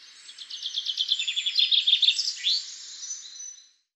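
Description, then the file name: Common chaffinch song: a fast series of repeated notes falling in pitch, then a second phrase and a short slurred flourish near the end, in quiet surroundings. "Fringilla coelebs"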